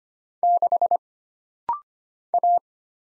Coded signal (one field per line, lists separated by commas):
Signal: Morse code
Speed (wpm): 25 wpm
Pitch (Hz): 700 Hz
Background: none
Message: 6 A